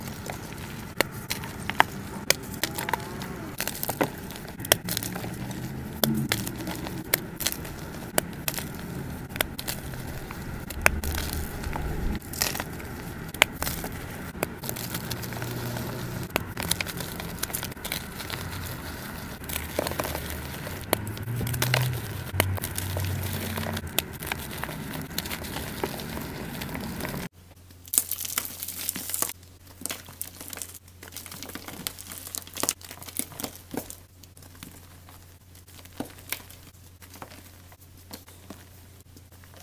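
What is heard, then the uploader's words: ASMR crushing sounds: dense, continuous crinkling and crackling with frequent sharp snaps, steady in level for about 27 seconds. Then the sound drops abruptly to a quieter stretch of sparser clicks and crackles over a low, steady hum until the end. Audio only compilation of joolz asmr crushes.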